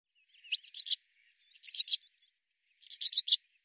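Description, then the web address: Barn swallow twittering calls: three short bursts of rapid, scratchy chattering notes, about one every 1.2 seconds, with silence between and no other sounds. "cianscape birddata Deverinetal 2025"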